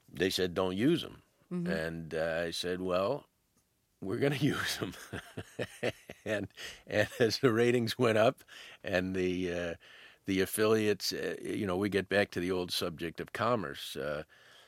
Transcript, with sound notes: They said, don't use them. And I said, well, we're going to use them (laughter). And as the ratings went up and the affiliates - you know, we get back to the old subject of commerce.